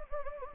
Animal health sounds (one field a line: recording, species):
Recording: mosquito wingbeat signal from an infrared sensor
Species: Anopheles gambiae